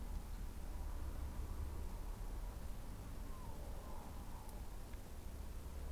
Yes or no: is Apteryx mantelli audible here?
no